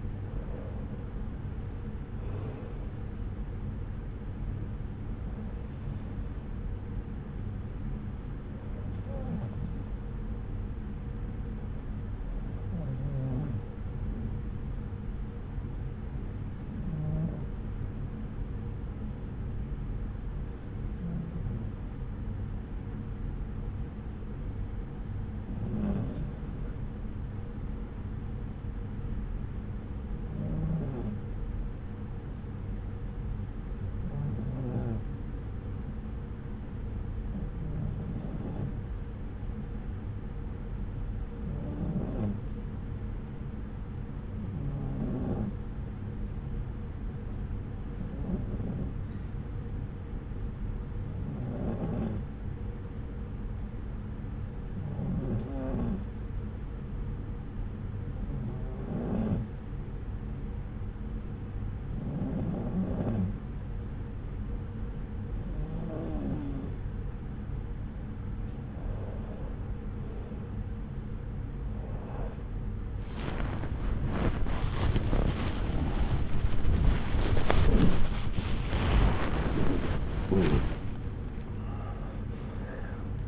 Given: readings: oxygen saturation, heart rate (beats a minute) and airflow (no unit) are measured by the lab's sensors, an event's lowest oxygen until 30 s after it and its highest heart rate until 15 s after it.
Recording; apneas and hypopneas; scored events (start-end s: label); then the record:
breathing in sleep by a smartphone at the bedside; 1
18.00-70.10 s: hypopnea (N1, oxygen 95% highest, then 93% lowest)
62.00-83.28 s: new sleep stage, awake
63.00-83.28 s: awake
From the record:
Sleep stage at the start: N1 (lightest sleep); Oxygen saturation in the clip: 93 to 95%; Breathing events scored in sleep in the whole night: 303 in 8.1 hours asleep